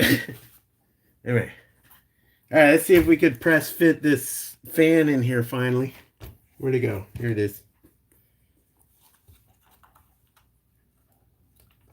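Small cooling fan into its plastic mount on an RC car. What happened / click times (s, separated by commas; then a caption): Small plastic part handled, not yet seated / none. Someone talks for the first several seconds, then a small plastic cooling fan is handled and lined up with its plastic mount on an RC car, ready to be press-fit. Only faint, quiet handling taps and rustles follow. Nothing has seated or clicked yet.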